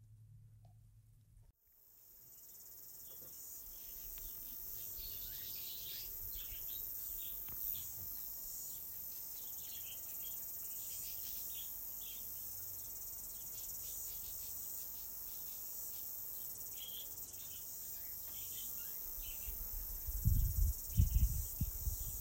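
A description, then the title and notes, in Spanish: A New Zealand summer soundscape of dense, steady cricket and insect chirring, beginning after two seconds, with low thumps near the end. Este es un audio ambiental, de los ahora nostálgicos sonidos del verano Neozelandés, es una postal auditiva desde el pequeño pueblo de Mangawhai.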